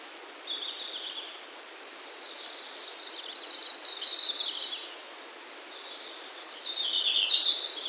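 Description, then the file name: Red-flanked bluetail song: a short faint phrase, a long wavering high warble, then after a quiet gap another high phrase, over constant hiss. "ruribi"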